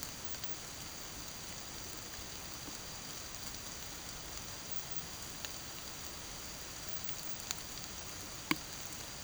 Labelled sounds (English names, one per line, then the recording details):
none
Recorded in pastures near Puerto Asís, Putumayo, Colombia, on 8 March 2025 at 02:30
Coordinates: 0.486, -76.323
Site G075